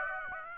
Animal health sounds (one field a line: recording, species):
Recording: mosquito wingbeat signal from an infrared sensor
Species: Aedes aegypti